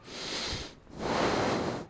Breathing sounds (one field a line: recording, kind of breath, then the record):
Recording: one breath in and out by a microphone near the nose and mouth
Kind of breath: deep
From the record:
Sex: male